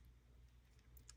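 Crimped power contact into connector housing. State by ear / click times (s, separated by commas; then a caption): seated / 1.0 s, 1.1 s. A crimped metal contact is pushed and wiggled into a plastic Anderson Powerpole connector housing over a steady low hum. Sharp clicks sound at 1.0 s and 1.1 s as the contact's spring catches, and the contact is seated in the housing.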